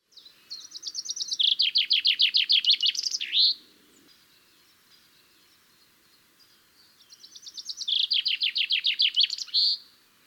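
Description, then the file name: Common chaffinch singing two full songs several seconds apart. Each is a rattling, descending series of notes that closes with a sharp terminal flourish. "Fringilla coelebs"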